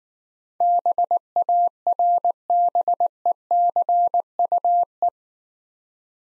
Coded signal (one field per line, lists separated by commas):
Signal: Morse code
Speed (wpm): 19 wpm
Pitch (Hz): 700 Hz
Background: none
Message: BARBECUE